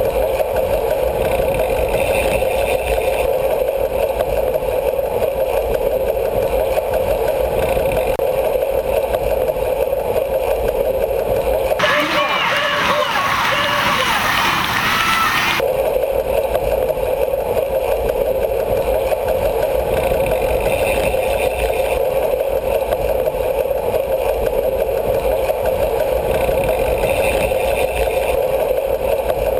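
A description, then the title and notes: Recorded at a bicycle race, a dense, steady roar holds at a constant loud level for the whole clip, with a low droning hum like an idling motor running through it. From about 12 to 15 seconds the sound turns brighter and harsher before the hum returns. 30 Minutes of Bicycle Racing Audio From EpicPlanet.tv. Audio from an actual Criterium bike race.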